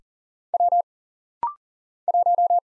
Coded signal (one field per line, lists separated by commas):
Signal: Morse code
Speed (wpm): 40 wpm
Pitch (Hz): 700 Hz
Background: none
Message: W 1